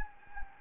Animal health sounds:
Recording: mosquito wingbeat signal from an infrared sensor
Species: Anopheles gambiae

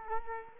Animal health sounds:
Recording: mosquito wingbeat signal from an infrared sensor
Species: Culex quinquefasciatus

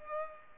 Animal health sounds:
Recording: mosquito wingbeat signal from an infrared sensor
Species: Culex pipiens

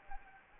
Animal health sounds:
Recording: mosquito wingbeat signal from an infrared sensor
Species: Anopheles gambiae

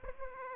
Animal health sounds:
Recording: mosquito wingbeat signal from an infrared sensor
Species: Aedes aegypti

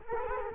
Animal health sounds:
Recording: mosquito wingbeat signal from an infrared sensor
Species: Culex quinquefasciatus

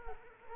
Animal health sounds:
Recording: mosquito wingbeat signal from an infrared sensor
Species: Culex quinquefasciatus

